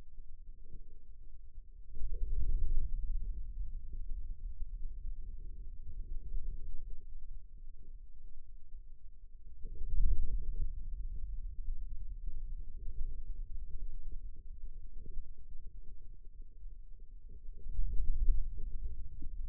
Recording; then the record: forearm muscle sounds (acoustic myography)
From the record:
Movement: radial deviation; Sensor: system 2, bracelet of six BSWA MPA416 microphones around the upper forearm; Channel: 2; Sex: male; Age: 22 years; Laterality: right